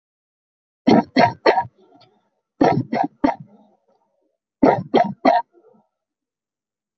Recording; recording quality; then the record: shallow voluntary cough; moderate, slight background noise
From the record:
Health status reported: healthy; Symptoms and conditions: none ticked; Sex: female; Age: 22 years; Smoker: not ticked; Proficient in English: yes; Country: India